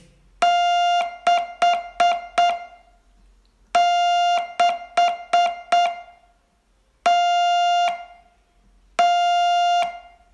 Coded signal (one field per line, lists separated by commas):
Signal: Morse code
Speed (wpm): 8 wpm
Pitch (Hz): 700 Hz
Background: music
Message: 6 6 TT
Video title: Learn Morse in 42 Days from VU2LAU - day 21